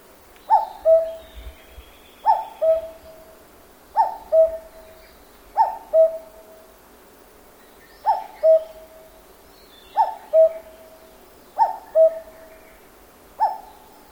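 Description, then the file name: Cuckoo calling a two-note cuck-oo, the first note higher and the second lower and drawn out, repeated eight times at roughly regular intervals. Cuckoo calling in a forest in Japan. "BIRD CUCKOO CALL JAPAN FOREST"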